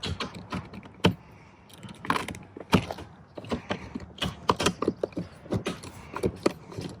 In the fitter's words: you hear the clicks you